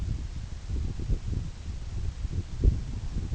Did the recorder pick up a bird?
no